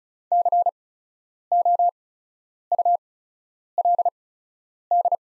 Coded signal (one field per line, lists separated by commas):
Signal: Morse code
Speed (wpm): 36 wpm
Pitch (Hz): 700 Hz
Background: none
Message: COULD